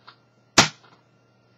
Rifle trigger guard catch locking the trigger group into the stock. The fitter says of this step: at that satisfied click let's make sure we did everything correctly